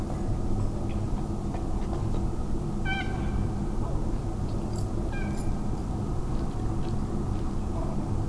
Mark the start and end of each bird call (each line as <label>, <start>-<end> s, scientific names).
Fulica atra, 2.85-3.04 s
Fulica atra, 5.12-5.25 s